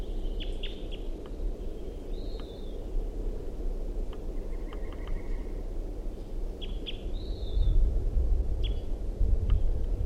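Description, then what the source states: Crossbill calls: brief, sharp chip notes in small clusters, some slightly downslurred, over a steady low rumbling background. Captive bird calling from a cage on the ground.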